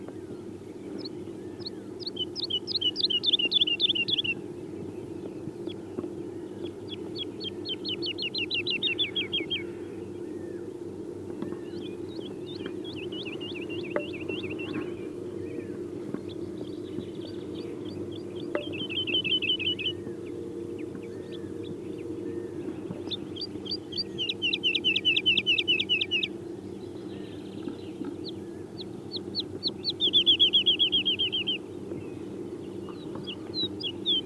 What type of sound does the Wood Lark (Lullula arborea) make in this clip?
song